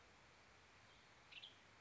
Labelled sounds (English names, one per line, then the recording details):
Western Tanager
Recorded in Sonoma County, California